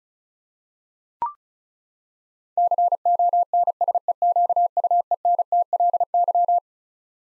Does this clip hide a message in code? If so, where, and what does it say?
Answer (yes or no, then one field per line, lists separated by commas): yes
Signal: Morse code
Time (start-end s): 2.6-6.6 s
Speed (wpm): 36 wpm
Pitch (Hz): 700 Hz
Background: none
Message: CONSEQUENTLY